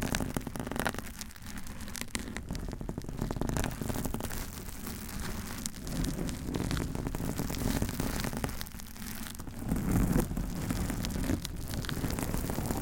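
Dense, continuous scratching and rubbing across the microphones, crackly and rain-like, with steady low rumble and brief louder bursts near ten seconds.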